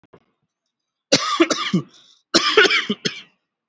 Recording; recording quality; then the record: heavy voluntary cough; excellent, no background noise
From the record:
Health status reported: exposed to COVID-19, no respiratory illness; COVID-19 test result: negative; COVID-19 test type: RT-PCR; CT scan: taken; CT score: 1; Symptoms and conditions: none ticked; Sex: male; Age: 30 years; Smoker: no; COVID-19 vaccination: one dose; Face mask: worn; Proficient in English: yes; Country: India